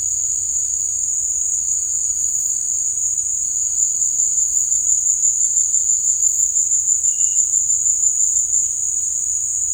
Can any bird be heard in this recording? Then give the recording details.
no. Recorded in dense forest near Puerto Asís, Putumayo, Colombia, on 19 March 2025 at 16:30. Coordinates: 0.485, -76.318. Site G056